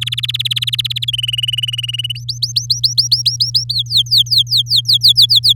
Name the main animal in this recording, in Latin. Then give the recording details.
Serinus canaria. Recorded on 9 May 2018 at 12:54. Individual llb16